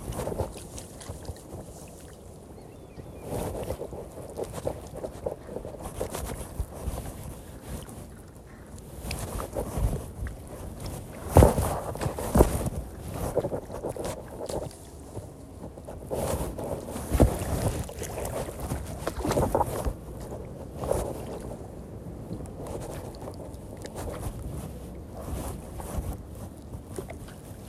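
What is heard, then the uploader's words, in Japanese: Rice seedlings are planted by hand in a flooded paddy, with continuous sloshing and squelching of water and mud. Irregular splashes and rustles come every second or so, sharper ones near 11, 17 and 20 seconds, over a low, muffled wind. 田植え。水苗代で苗を束にしたものを手に取り、 １本ずつ手植えでイネ苗たちを植えていきます。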